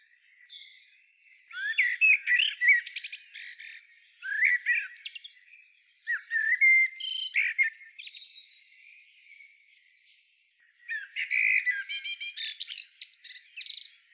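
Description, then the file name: Common blackbird singing in bursts of squeaky warbles and fast high trills, with a long quieter gap before a final rapid, rattling phrase. "Turdus merula"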